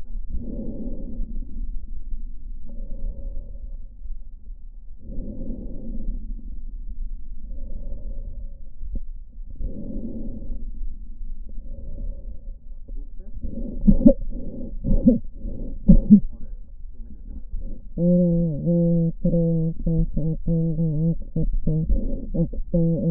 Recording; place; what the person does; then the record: lung sounds by stethoscope; left posterior apical chest; quiet breathing, then cough and speech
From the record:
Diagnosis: interstitial lung disease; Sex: female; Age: 72 years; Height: 158 cm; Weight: 69 kg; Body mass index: 27.6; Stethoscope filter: diaphragm mode